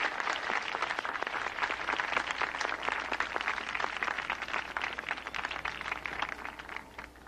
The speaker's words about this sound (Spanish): fuerte aplauso